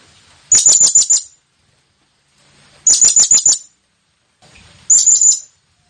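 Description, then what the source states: Blue-crowned hanging parrot gives three rapid bursts of thin, piercing high notes, roughly two seconds apart. Effective lure call to attract the bird.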